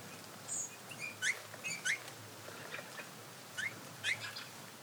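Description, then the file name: Bird calls, short sharp rising chirps in loose pairs with a few higher thin notes, over a steady hiss of background noise. "XENO CANTO"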